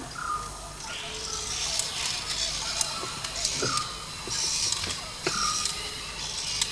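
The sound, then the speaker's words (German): A door creaks open in a slow mechanical grind, with short squeaky tones and scattered sharp clicks and ratcheting ticks over a steady low hum. “Die Tür geht auf und da kommt so ein komischer Kasten raus.”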